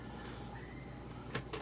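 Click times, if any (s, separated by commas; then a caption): none. A plastic or diecast part of a 1/8 scale FANHOME Legendary Fast & Furious Dodge Charger R/T diecast model car kit is lined up by its arrow markings and pressed toward its place in the kit chassis. Under a steady low hum, short handling knocks and scrapes come at about 1.4, 1.5 and 1.6 seconds. Nothing has seated or clicked yet; the clip ends just before the part goes home.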